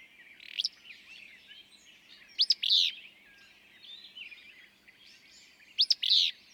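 Willow flycatcher song: three short, sneezy two-part phrases spaced a few seconds apart, over a soft chorus of other small birds.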